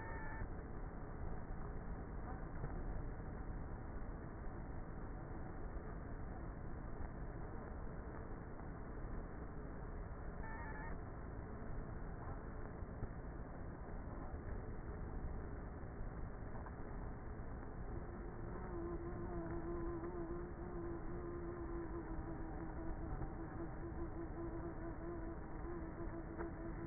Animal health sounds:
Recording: honeybee colony, microphone inside the hive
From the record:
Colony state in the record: queenless with a low population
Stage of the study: before two queens were removed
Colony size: about 30,000 bees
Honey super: no

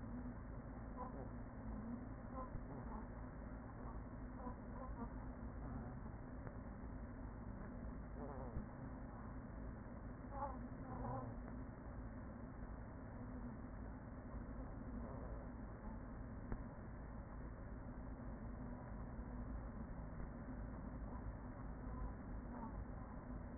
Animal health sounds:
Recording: honeybee colony, microphone inside the hive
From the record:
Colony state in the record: queen present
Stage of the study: after two queens were removed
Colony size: about 40,000 bees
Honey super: no

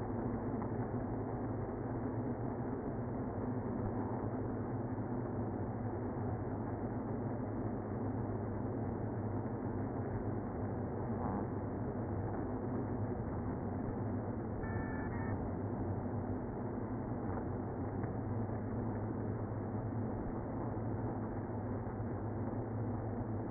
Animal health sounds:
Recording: honeybee colony, microphone inside the hive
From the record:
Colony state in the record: queenless (queen removed)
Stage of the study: after two queens were removed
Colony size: about 60,000 bees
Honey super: yes

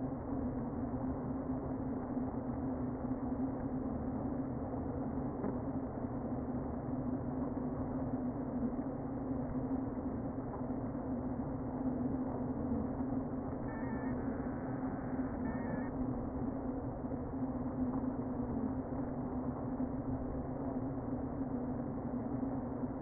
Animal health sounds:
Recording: honeybee colony, microphone inside the hive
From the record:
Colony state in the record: queen present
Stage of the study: before two queens were removed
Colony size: about 60,000 bees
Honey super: yes

